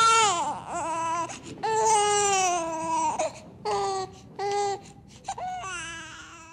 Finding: Baby crying.